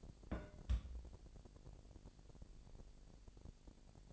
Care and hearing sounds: daily activity, microphone in the room; place on stove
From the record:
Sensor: 5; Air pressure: 1002.0 hPa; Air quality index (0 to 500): 248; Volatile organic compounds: 9 ppm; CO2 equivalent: 2160 ppm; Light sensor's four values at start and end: 20/45/19/22 and 21/45/20/22

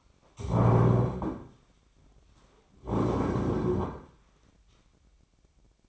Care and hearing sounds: daily activity, microphone in the room; stand up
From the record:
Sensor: 1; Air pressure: 1009.3 hPa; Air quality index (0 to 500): 180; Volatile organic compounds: 3 ppm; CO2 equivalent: 1514 ppm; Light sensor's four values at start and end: 46/123/51/61 and 45/118/49/59

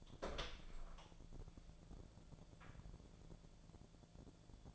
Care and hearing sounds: daily activity, microphone in the room; open door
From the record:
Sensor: 5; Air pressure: 1000.6 hPa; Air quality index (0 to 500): 155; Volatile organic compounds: 2 ppm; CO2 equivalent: 1195 ppm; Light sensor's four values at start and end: 47/110/46/49 and 47/109/46/49

